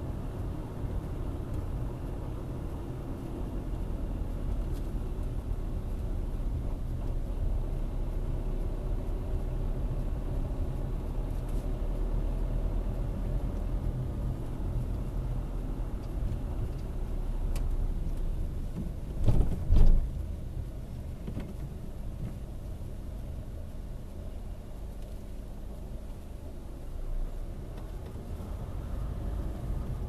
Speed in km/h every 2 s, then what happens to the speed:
32, 31, 26, 25, 26, 28, 29, 29, 25, 17, 13, 10, 7, 7, 15.
0-5 slows to 25. 5-15 steady at about 28. 15-24 slows to 7. 26-30 speeds up to 15.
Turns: none.